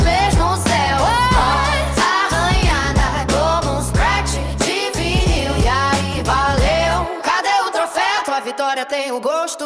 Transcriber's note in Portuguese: Voz arranhada, como um scratch de vinil